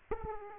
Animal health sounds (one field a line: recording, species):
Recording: mosquito wingbeat signal from an infrared sensor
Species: Aedes aegypti